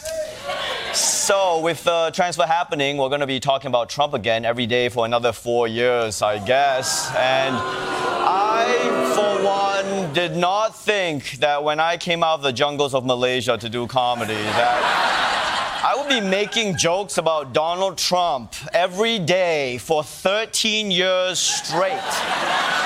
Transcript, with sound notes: So with the transfer happening, we're going to be talking about Trump again every day for another four years, I guess.
(BOOING)
And I, for one, did not think that when I came out of the jungles of Malaysia to do comedy that...
(LAUGHTER)
I would be making jokes about Donald Trump every day for 13 years straight.